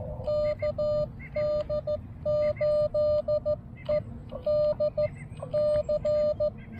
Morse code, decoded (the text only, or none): KD8EDC